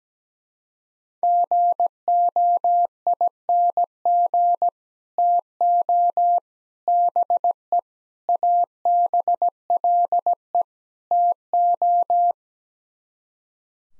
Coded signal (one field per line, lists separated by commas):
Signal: Morse code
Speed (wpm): 17 wpm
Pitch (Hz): 700 Hz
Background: none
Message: GOING TO BE ABLE TO